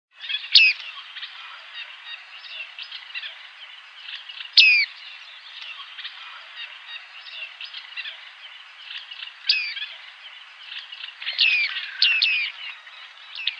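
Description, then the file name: Bearded reedling calls: sharp, twanging slurred notes ring out every few seconds over a steady background of soft high twittering. "WASATKA"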